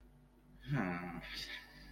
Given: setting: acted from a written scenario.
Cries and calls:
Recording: vocal sound without words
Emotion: distress

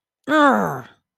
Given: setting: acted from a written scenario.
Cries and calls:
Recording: vocal sound without words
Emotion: anger

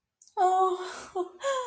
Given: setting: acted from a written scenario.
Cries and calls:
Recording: vocal sound without words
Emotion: elation

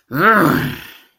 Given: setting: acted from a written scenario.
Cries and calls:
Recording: vocal sound without words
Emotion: disappointment

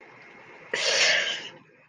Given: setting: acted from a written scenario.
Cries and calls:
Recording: vocal sound without words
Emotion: guilt

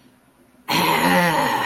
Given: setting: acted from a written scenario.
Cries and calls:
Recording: vocal sound without words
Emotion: fear

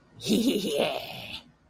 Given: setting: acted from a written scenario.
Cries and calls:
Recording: vocal sound without words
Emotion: triumph

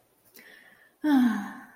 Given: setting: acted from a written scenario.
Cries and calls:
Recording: vocal sound without words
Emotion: serenity

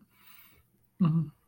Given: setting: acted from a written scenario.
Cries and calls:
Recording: vocal sound without words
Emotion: sadness

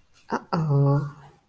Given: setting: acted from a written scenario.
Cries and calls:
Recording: vocal sound without words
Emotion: embarrassment

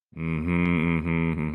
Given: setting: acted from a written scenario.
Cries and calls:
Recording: vocal sound without words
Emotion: realization

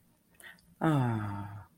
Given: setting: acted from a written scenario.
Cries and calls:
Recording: vocal sound without words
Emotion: ecstasy

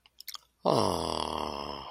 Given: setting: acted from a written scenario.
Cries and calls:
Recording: vocal sound without words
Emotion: sympathy

